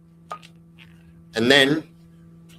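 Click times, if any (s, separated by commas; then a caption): 0.3 s. A shoe is pushed down hard onto the foot, and its closure mechanism engages with a sharp click at 0.3 s, followed by a fainter tick. Someone then talks briefly over a steady low hum, and the mechanism is seated.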